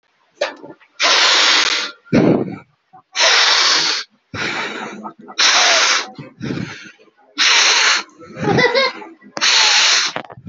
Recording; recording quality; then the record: deep breathing; moderate, slight background noise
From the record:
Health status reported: healthy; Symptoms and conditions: fever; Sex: male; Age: 23 years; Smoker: not ticked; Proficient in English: yes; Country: India